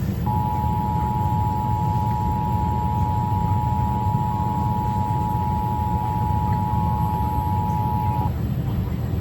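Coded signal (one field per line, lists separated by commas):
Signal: Emergency Alert System (SAME) tones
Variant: 853 and 960 Hz attention tone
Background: speech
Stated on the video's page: Statewide Required Monthly Test, recorded from a TV.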